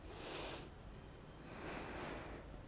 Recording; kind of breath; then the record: one breath in and out by a microphone near the nose and mouth; deep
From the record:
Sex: female